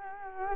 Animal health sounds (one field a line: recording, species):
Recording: mosquito wingbeat signal from an infrared sensor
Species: Culex quinquefasciatus